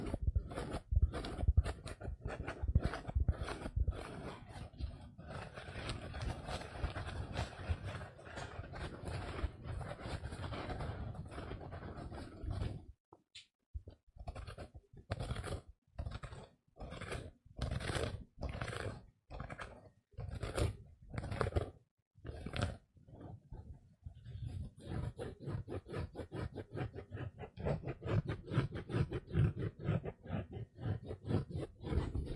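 A sponge scratches steadily and roughly, breaks briefly near the middle, then returns as separate rhythmic strokes before a dense finish.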